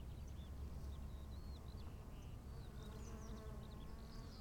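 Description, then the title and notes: Steady bee buzzing drones beneath short whistled bird notes and a low wind rumble. Bees at 15:15 on a field path to the Bruder-Klaus chapel in Wachendorf, with birds, wind and quiet. "wachendorf, feldweg. 15:15 feldweg zur bruder-klaus-kapelle, bienen, vögel, wind, stille"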